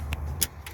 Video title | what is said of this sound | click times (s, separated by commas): 2014 Ford Escape (condensed edit) - Wiper Fluid Pump replace and Tank filter clean | that one clip you can hear click they're | 0.4 s